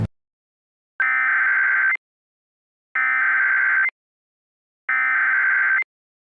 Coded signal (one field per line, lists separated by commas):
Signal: Emergency Alert System (SAME) tones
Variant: header bursts